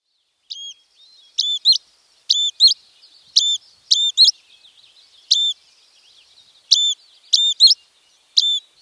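Dusky flycatcher giving crisp high notes, often in quick pairs, spaced about a second apart.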